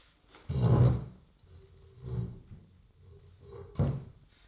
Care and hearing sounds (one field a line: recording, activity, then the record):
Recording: daily activity, microphone in the room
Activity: stand up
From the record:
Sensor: 3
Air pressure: 1005.0 hPa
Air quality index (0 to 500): 93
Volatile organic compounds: 3 ppm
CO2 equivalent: 1447 ppm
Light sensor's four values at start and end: 10/22/9/9 and 9/21/9/9